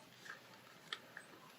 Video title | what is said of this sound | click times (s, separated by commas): Woozi Nerf Blaster - Build Guide | you'll find a point at which everything just clicks into place nicely which is just what we want | 0.9 s, 1.2 s